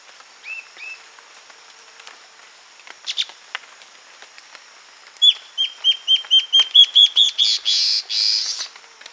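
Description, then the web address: Guianan warbling antbird song: a quick series of clear whistled notes rising slightly in pitch, ending in two long harsh buzzy notes; a few soft notes come earlier. Recorded on 22 June 2008. "chants 20080622 hypcancht"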